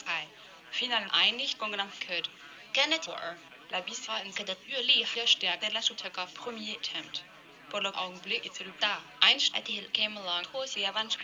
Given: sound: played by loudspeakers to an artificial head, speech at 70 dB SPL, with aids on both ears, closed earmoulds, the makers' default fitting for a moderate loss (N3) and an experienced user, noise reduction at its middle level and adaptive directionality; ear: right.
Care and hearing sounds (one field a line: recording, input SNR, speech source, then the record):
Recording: speech test signal (ISTS) in cocktail-party noise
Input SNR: +9 dB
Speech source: on the right (90 degrees)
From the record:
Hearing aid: class 1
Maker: G